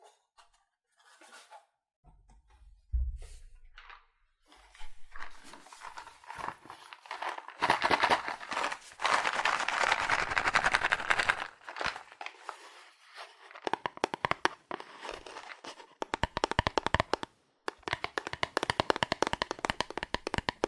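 Fast, aggressive tapping and scratching on cardboard, starting with sparse taps and a low thump near three seconds. From about seven seconds the tapping turns dense and rapid, with crisp bright rattling bursts separated by short pauses, continuing to the end.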